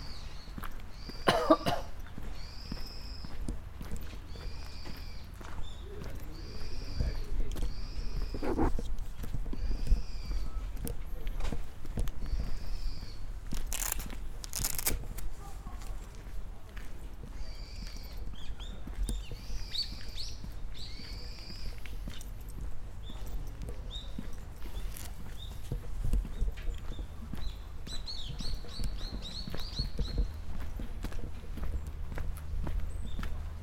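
Walking at Nijō Castle in Kyoto: steps bring repeated high, bird-like squeaks, coming in runs early on and again around 20 and 28 seconds. A steady low rumble, murmuring voices and shuffling continue underneath, with a couple of sharp knocks near 14 seconds.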